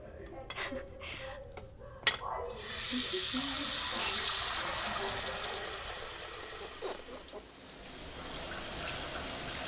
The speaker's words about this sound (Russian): Жанна моет посуду.